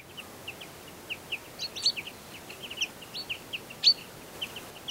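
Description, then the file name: Common chaffinch calling with many brief, clipped chirps, broken by two louder, higher-pitched notes, with steady low hiss behind. "Fringilla coelebs"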